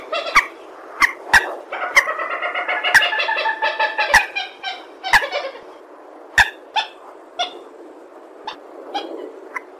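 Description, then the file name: Purple swamphen uttering a burst of nasal, harmonic cackles among repeated sharp clicks and ticks, tailing off into scattered softer notes. "tieng trich re keu"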